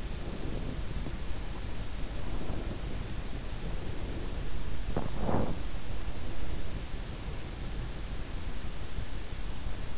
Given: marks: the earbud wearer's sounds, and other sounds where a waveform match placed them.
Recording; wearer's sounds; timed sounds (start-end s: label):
sounds in sleep by an in-ear microphone; body movement
0.00-7.53 s: body movement